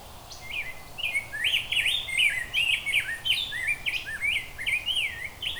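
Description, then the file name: Rose-breasted grosbeak pouring out a fast, rolling series of mellow whistled notes, each sliding up and down, continuing throughout. "Rose Breated Grosebeak"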